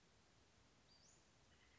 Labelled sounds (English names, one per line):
Western Flycatcher